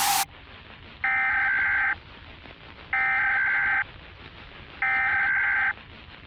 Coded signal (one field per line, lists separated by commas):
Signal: Emergency Alert System (SAME) tones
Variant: header bursts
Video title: EAS Scenario | Zombie Virus Outbreak | Analog Horror